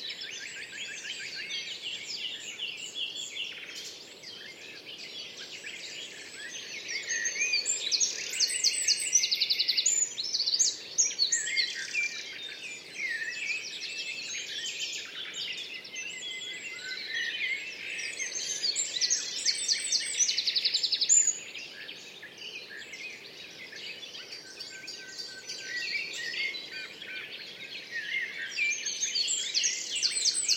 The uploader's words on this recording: The Old Railway Path - Chris Watson. Composer and sound recordist Chris Watson follows the overgrown railway path between Aldeburgh and Saxmundham. Recording an array of elemental, animal and bird sounds. Elemental, animal and bird sounds, including the outpouring of a nightingale.